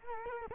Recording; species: mosquito wingbeat signal from an infrared sensor; Culex quinquefasciatus